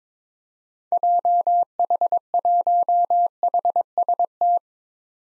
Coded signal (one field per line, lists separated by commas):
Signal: Morse code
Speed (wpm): 22 wpm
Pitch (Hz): 700 Hz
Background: none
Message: JH1HST